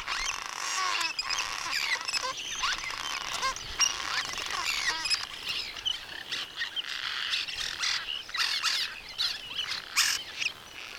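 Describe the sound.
Many birds singing at once, quick twittering phrases and squeaky calls packed closely, with intermittent crackling bursts.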